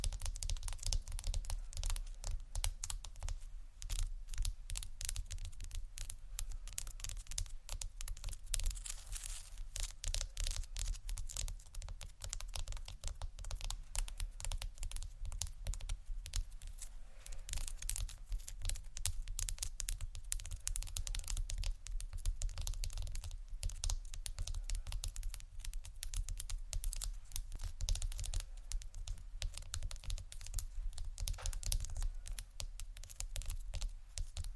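Tiles of stone, shell and glass are scratched and tapped in a dense, unbroken run of small clicks and scrapes, like rapid typing. The crisp ticks come thick and irregular for the full stretch, over a steady low rumble, with no pauses or big changes.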